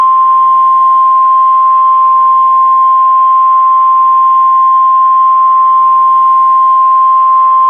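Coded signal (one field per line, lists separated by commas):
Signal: Emergency Alert System (SAME) tones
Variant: 1050 Hz attention tone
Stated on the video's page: Fictional EAS scenario of a nuclear missile alert, made on request, not a real alert.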